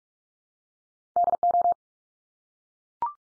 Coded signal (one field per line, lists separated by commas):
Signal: Morse code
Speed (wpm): 44 wpm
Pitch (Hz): 700 Hz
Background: none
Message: DO